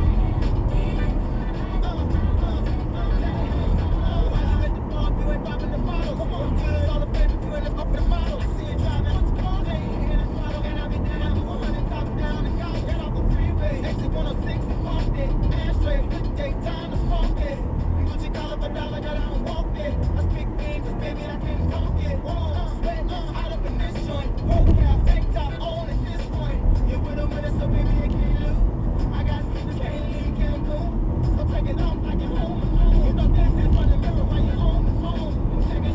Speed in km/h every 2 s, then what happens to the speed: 74, 74, 71, 71, 69, 69, 68, 68, 66, 66, 64, 61, 58, 60, 58, 52, 60, 64.
0-19 steady at about 69. 19-23 slows to 58. 23-31 steady at about 58. 31-36 speeds up to 64.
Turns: none.